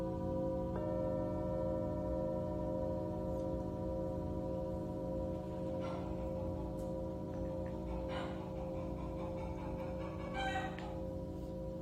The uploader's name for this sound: Tibetan Singiing Bowl